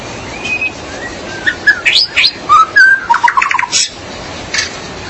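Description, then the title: Magpie-robin or shama song: a thin whistle, then rising sweeps, a clear slurred note and a fast stuttering run of repeated notes. "BM Suara Burung Murai"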